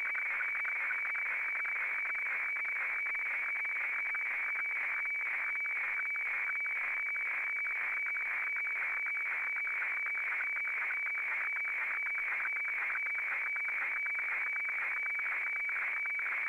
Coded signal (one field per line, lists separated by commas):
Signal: weather fax (radiofax)